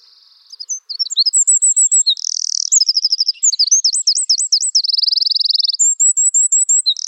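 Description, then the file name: Eurasian wren singing loudly and fast, mixing buzzy trills, bouncing zigzag notes and a rattle before a string of thin high whistles. "Troglodytes troglodytes"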